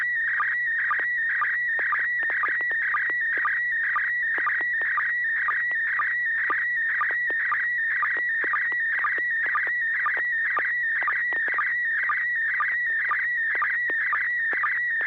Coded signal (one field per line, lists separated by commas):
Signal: SSTV (slow-scan television)